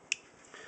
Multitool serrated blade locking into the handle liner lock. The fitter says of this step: Again, liner lock.